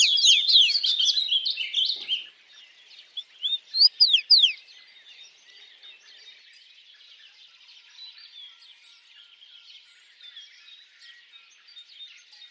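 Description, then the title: Birds singing, a loud burst of rapid twittering for two seconds, a few sharp downslurred notes near four seconds, then faint chatter. Birds singing at dawn. "Pássaros Cantando No Amanhecer"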